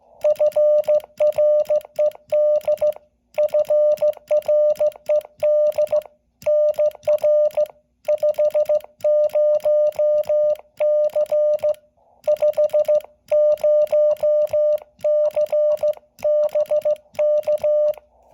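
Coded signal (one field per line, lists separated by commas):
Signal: Morse code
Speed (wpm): 15 wpm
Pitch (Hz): 600 Hz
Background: music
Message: FRED FRED NR 50C 50C BK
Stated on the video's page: SKCC weekend sprint contact, likely sent with a non-straight key.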